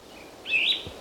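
Plumbeous Vireo song phrase: one short slurred whistle that rises and then falls, given once over a quiet background.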